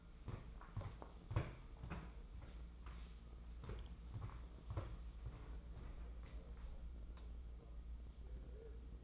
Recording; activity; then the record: daily activity, microphone in the room; walk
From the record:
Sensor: 1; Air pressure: 995.9 hPa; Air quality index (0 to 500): 241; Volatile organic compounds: 1000 ppm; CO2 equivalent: 7043 ppm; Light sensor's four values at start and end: 39/98/42/51 and 39/97/41/50